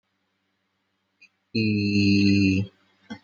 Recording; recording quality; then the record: sustained vowel as in beet; excellent, no background noise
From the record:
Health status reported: healthy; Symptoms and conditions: asthma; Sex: male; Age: 22 years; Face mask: not worn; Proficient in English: yes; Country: India